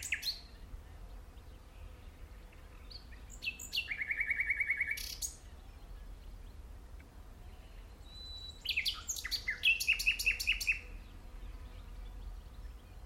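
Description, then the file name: Common nightingale singing two phrases separated by a pause: a rapid throbbing repeated note, later a burst of sharp varied notes and a quick trill. "Luscinia megarhynchos"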